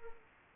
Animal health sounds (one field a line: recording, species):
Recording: mosquito wingbeat signal from an infrared sensor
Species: Culex quinquefasciatus